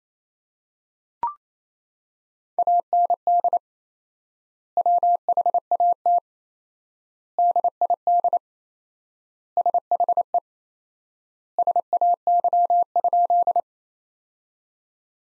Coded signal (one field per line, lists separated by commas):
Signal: Morse code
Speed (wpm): 28 wpm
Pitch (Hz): 700 Hz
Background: none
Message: AND WHAT DID SHE SAY?